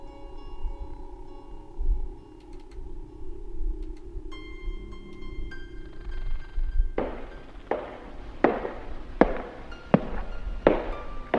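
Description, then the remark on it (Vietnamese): Footsteps in a corridor: about seven firm, evenly paced steps begin after a stretch of low, eerie droning music that keeps playing faintly beneath them. No voices. “Ở cuối hành lang lại truyền đến tiếng bước chân.”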